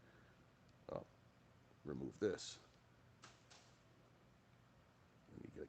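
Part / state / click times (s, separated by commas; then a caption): wire terminal pin into vehicle harness connector / seated / 3.2 s. A crimped replacement terminal pin on a new wire is pushed into a 2021 F150 truck's factory harness connector, into the spot where the original pin sat, until its locking tang catches. A short, sharp click is heard at 3.2 s, confirming the pin has seated, while someone talks before and after.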